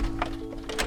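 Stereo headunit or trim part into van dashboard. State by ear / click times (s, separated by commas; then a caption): not seated / none. A stereo headunit or trim part is handled while being fitted into a van dashboard; the exact part (headunit cage, trim or connector) is not named. The clip carries a steady low hum with brief soft knocks of handling, and there is no talk. Nothing has seated or clicked yet.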